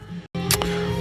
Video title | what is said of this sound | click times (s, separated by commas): Nissan 350Z Interior Restoration - Door Panel Switch Replacement & Repair | It clicked in with more force and just like a proper clunk compared to how the OEM one came out. | 0.5 s, 0.6 s